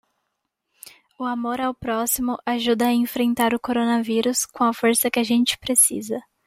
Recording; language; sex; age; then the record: spoken sentence; Brazilian Portuguese; female; 20 to 29 years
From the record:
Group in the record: control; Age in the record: 20 years